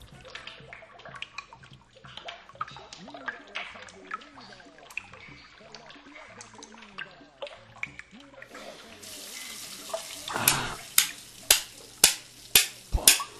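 Water runs from a bathroom tap, a busy splashing stream that swells into a steady hiss in the second half, punctuated by a rhythmic series of sharp knocks near the end.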